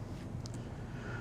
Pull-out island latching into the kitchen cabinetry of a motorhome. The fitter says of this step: And then when you're ready to go, press that and it's going to lock into place there.